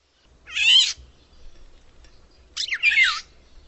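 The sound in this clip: Bird uttering two harsh, buzzy rasping calls about two seconds apart.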